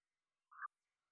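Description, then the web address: Morelet's tree frog giving a single brief note in otherwise near silence. "Agalychnis moreletii"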